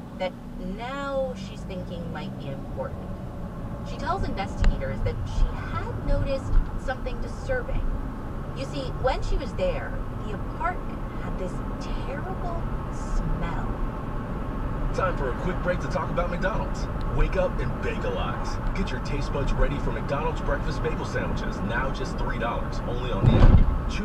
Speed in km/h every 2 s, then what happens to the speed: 0, 0, 19, 31, 39, 47, 52, 55, 56, 56, 56, 53.
0-2 standing. 2-13 pulls away to 55. 13-21 steady at about 56.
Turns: none.